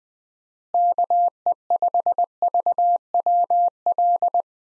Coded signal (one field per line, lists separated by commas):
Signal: Morse code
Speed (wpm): 21 wpm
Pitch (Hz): 700 Hz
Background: none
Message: KE5VWL